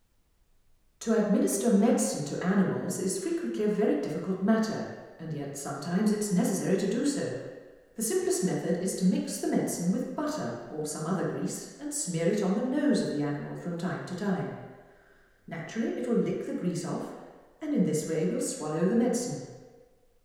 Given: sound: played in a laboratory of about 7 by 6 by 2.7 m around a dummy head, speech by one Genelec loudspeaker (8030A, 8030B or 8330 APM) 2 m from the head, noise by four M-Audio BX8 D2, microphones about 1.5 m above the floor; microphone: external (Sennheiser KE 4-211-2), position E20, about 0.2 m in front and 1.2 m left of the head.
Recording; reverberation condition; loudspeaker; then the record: female speech in English; high; 30 degrees to the left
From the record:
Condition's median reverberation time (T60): about 1300 ms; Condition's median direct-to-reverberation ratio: about -4.0 dB